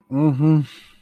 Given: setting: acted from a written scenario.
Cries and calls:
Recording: vocal sound without words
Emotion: sympathy

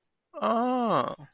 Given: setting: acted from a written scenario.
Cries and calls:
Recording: vocal sound without words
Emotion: interest

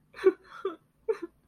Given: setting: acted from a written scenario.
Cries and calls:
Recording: vocal sound without words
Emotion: sadness

